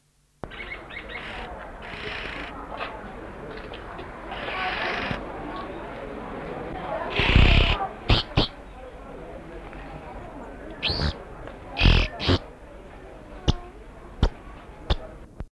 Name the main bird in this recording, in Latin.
Buphagus africanus